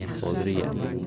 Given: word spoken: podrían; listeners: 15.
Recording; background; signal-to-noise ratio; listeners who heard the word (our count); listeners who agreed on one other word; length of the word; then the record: one Spanish word in noise, from a listening test; eight-talker babble; 0.9 dB; 2 of 15; 12 of 15; 0.67 s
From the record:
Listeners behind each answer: 12, 2, 1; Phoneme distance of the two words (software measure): 7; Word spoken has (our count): 3 syllables, 7 phonemes, stress on syllable 2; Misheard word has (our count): 3 syllables, 6 phonemes, stress on syllable 2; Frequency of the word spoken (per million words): 79.35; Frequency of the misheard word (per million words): 260.86